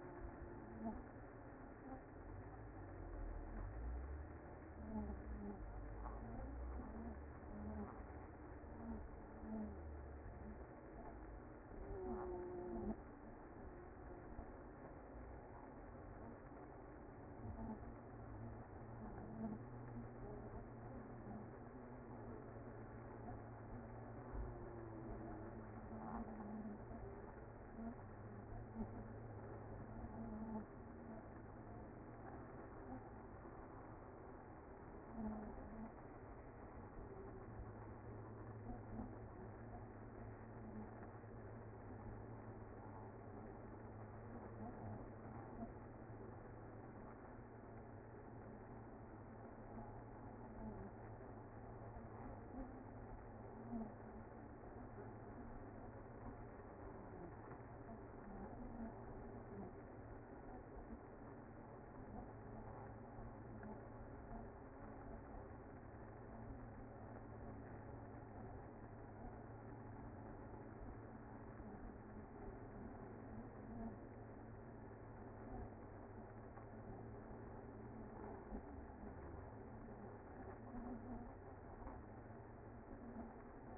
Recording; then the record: honeybee colony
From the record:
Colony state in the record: active